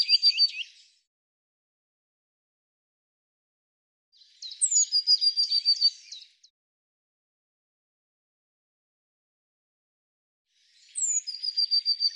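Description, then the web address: Eurasian blue tit: a thin high note then a fast run of several even notes, heard in three bursts separated by pauses, the first cut off. "cianscape birddata Deverinetal 2025 File cleaned normalized Bird Cy Ca"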